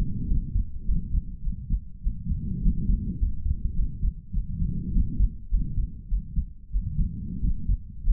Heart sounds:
heart sounds by stethoscope; 101 bpm
0.27 s: heartbeat
0.84 s: heartbeat
1.42 s: heartbeat
2.01 s: heartbeat
2.61 s: heartbeat
3.18 s: heartbeat
3.74 s: heartbeat
4.32 s: heartbeat
4.92 s: heartbeat
5.49 s: heartbeat
6.08 s: heartbeat
6.70 s: heartbeat
7.40 s: heartbeat
8.03 s: heartbeat
From the record:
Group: healthy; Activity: rest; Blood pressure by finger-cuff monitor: 93/54 mmHg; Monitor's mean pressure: 65 mmHg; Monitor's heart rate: 103 bpm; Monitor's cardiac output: 7.3 L/min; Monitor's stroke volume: 71 mL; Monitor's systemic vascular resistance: 630 dyn s/cm5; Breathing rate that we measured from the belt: 25 breaths a minute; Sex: male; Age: 22 years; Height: 181 cm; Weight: 60 kg

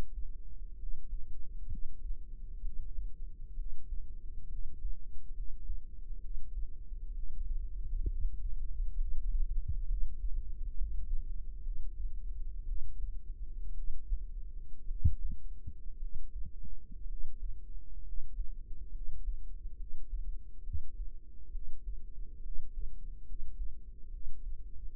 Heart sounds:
heart sounds by microphone in the right ear; 64 bpm
0.74 s: heartbeat
1.66 s: heartbeat
2.59 s: heartbeat
3.53 s: heartbeat
4.46 s: heartbeat
5.31 s: heartbeat
6.18 s: heartbeat
7.10 s: heartbeat
8.05 s: heartbeat
8.95 s: heartbeat
9.84 s: heartbeat
10.71 s: heartbeat
11.60 s: heartbeat
12.63 s: heartbeat
13.72 s: heartbeat
14.85 s: heartbeat
15.96 s: heartbeat
17.04 s: heartbeat
18.00 s: heartbeat
18.89 s: heartbeat
19.74 s: heartbeat
20.61 s: heartbeat
21.49 s: heartbeat
22.39 s: heartbeat
23.22 s: heartbeat
24.08 s: heartbeat
From the record:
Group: healthy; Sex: female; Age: 22 years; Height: 171 cm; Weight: 65.6 kg

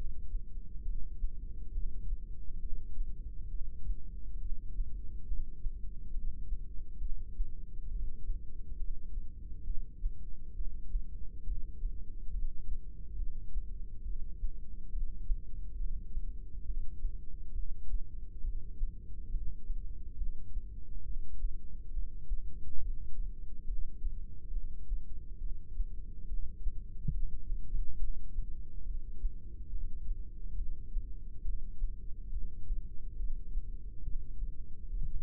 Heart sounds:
heart sounds by microphone in the right ear; 69 bpm
0.84 s: heartbeat
1.74 s: heartbeat
2.62 s: heartbeat
3.50 s: heartbeat
4.41 s: heartbeat
5.28 s: heartbeat
6.13 s: heartbeat
7.00 s: heartbeat
7.90 s: heartbeat
8.79 s: heartbeat
9.66 s: heartbeat
10.56 s: heartbeat
11.46 s: heartbeat
12.33 s: heartbeat
13.18 s: heartbeat
14.04 s: heartbeat
14.92 s: heartbeat
15.78 s: heartbeat
16.65 s: heartbeat
17.54 s: heartbeat
18.43 s: heartbeat
19.31 s: heartbeat
20.17 s: heartbeat
21.05 s: heartbeat
21.93 s: heartbeat
22.81 s: heartbeat
23.67 s: heartbeat
24.53 s: heartbeat
25.40 s: heartbeat
26.28 s: heartbeat
27.13 s: heartbeat
27.98 s: heartbeat
28.85 s: heartbeat
29.71 s: heartbeat
30.57 s: heartbeat
31.44 s: heartbeat
32.32 s: heartbeat
33.18 s: heartbeat
34.04 s: heartbeat
34.90 s: heartbeat
From the record:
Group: heart failure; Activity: rest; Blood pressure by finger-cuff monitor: 116/89 mmHg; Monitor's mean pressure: 99 mmHg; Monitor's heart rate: 69 bpm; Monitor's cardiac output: 5.9 L/min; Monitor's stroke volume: 86 mL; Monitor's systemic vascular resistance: 1250 dyn s/cm5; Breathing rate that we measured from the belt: 18 breaths a minute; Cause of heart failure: idiopathic cardiomyopathy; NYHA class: 1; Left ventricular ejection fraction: 50%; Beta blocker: bisoprolol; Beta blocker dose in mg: 5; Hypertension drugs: candesartan, spironolactone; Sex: male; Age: 54 years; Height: 180 cm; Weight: 94.6 kg

